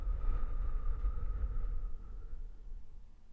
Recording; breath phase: one breath near a microphone; exhalation